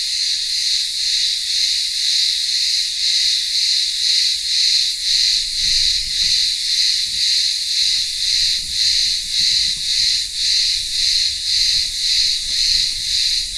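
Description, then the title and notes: Cicadas droning in a loud high-pitched buzz with a rhythmic throb about twice a second. Cicadas singing in midday heat in a village town square on the remote island of Ikaria, Greece. "Cicadas in the midday Greek heat. Greek village in the remote island of Ikaria. Town square - cicadas in the midday heat and maybe some distant voices of villagers"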